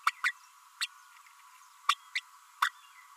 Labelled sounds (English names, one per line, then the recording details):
Green-rumped Parrotlet babbling
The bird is a female
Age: 32 days
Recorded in a nest box in Venezuela
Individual 17B32A5